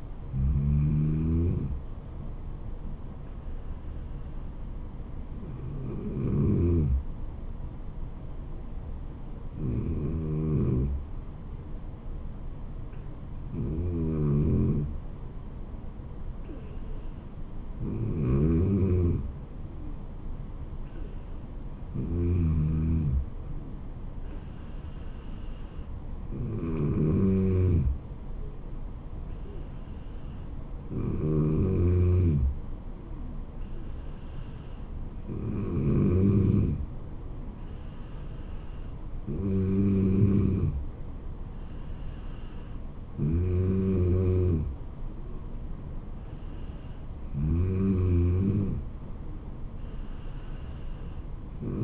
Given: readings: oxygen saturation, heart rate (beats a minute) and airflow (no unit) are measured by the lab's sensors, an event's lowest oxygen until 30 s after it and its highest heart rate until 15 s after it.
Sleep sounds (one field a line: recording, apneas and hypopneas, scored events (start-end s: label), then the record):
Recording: breathing in sleep by a smartphone at the bedside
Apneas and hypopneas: none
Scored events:
21.00-51.83 s: new sleep stage, N2 (light sleep)
From the record:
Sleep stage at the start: N3 (deep sleep)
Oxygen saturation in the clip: 94 to 95%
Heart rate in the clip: 66 to 76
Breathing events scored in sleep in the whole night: 426 in 7.4 hours asleep